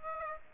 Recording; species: mosquito wingbeat signal from an infrared sensor; Aedes aegypti